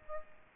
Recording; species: mosquito wingbeat signal from an infrared sensor; Aedes aegypti